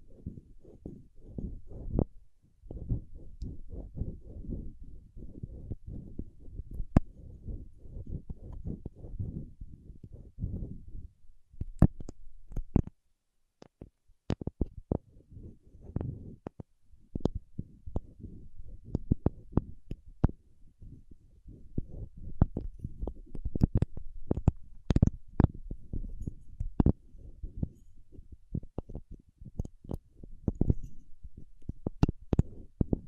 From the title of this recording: Paraffin Wax Peeling, Tapping and Scratching